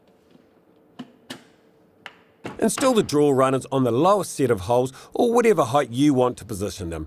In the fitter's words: clip the drawer front into the drawer sides until it clicks into place